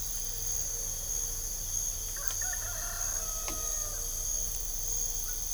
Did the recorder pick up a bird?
no